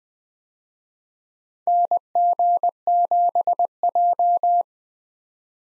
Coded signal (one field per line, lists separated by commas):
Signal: Morse code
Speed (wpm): 21 wpm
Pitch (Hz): 700 Hz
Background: none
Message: NG7J